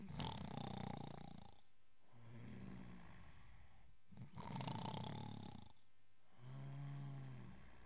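Two full breaths in about eight seconds, roughly 14 a minute. Each starts with a loud, rattling snore on the in-breath, followed by a softer, buzzing, tonal out-breath. Ordinary loud snoring from an adult sleeper, part of a long snoring sequence.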